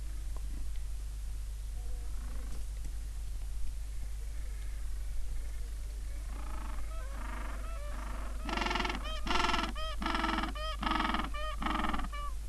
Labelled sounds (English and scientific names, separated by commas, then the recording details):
Gentoo Penguin (Pygoscelis papua)
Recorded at the colony at Booth Island, Antarctica, on 21 December 2014
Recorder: Song Meter SM2+